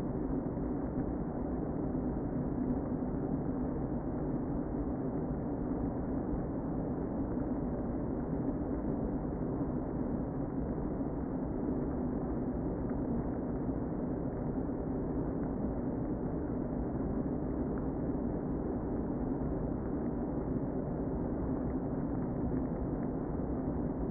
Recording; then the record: honeybee colony, microphone inside the hive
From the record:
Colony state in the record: queen present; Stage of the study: before two queens were removed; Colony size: about 60,000 bees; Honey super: yes